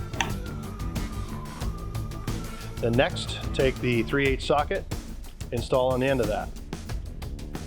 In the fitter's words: when you insert it you want to be able to hear an audible click